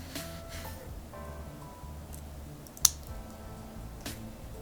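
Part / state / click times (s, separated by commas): switch top housing onto switch bottom housing / seated / 2.9 s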